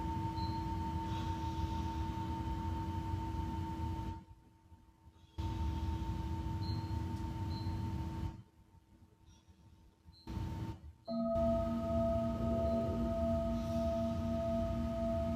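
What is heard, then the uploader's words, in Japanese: A singing bowl rings in long, steady tones, a low hum and a clear higher note held over a soft rumble. The sound cuts out abruptly to near silence around four and eight seconds, and after eleven seconds a new, brighter set of bowl tones takes over. シンギングボウルのサウンドヒーリング。風の強いメキシコカリブ側です。チベタンシンギングボウル。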